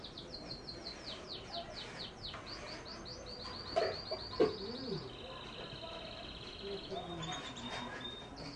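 Canary song with quick descending trilled notes, then a steady high rolling tour, over a faint background with a few low sounds mid-way.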